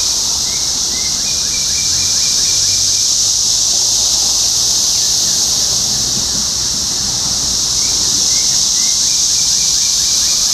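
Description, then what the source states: Cicada chorus in a loud, even high buzz, with strings of short chirps at the start and again near the end. Topeka, Kansas; 14 June 2015.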